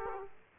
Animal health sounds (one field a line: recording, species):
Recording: mosquito wingbeat signal from an infrared sensor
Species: Aedes aegypti